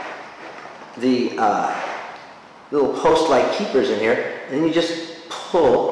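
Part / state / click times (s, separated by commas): plastic planter pot section into its outside support / not seated / none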